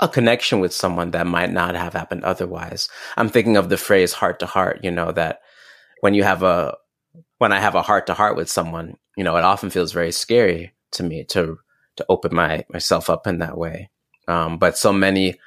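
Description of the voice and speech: Calm low-pitched adult male speech with restarts, repeated words, a stretched sound and halting pauses: stuttering, an inherited genetic trait.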